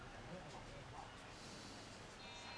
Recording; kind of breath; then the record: one breath in and out by a microphone near the nose and mouth; normal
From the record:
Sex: male